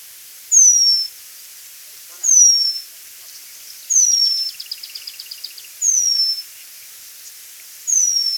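Penduline tit calls: thin, high, drawn-out whistles that slide downward, given five times about every one and a half to two seconds, with a brief run of soft ticking notes between.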